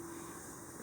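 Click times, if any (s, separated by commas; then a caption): none. Two trekking pole sections are pushed together, but the spring snap button of one section does not pop through the adjustment hole of the next; the fit is tight so the pole does not click while hiking. Only steady broadband noise is heard, with a low hum in the first 0.3 seconds and no sharp transients. The button has not popped through or clicked yet.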